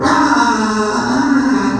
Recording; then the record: squeal of a Yucatan mini pig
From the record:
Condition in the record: after surgery on the right vocal fold (resection and tissue-engineered implant); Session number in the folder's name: 7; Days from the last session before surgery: 47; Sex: female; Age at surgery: 19 weeks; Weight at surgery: 25 kg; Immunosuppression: prednisolone